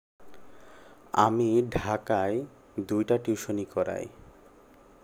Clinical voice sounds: elicited speech; Bengali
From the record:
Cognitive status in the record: cognitively healthy

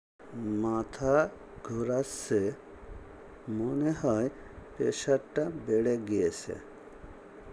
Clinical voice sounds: elicited speech; Bengali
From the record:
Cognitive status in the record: dementia

